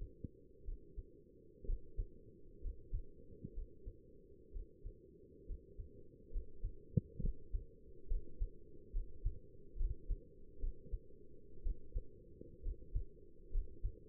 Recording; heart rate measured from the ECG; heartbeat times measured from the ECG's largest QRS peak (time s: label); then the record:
heart sounds by stethoscope; 65 bpm
0.66 s: heartbeat
1.67 s: heartbeat
2.63 s: heartbeat
3.55 s: heartbeat
4.54 s: heartbeat
5.48 s: heartbeat
6.32 s: heartbeat
7.22 s: heartbeat
8.09 s: heartbeat
8.94 s: heartbeat
9.78 s: heartbeat
10.61 s: heartbeat
11.64 s: heartbeat
12.64 s: heartbeat
13.53 s: heartbeat
From the record:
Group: healthy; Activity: rest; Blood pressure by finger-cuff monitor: 81/54 mmHg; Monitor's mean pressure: 64 mmHg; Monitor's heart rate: 64 bpm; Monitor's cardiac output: 5.8 L/min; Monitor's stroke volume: 92 mL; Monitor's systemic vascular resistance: 770 dyn s/cm5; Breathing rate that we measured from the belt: 18 breaths a minute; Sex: male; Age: 22 years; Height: 181 cm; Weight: 79 kg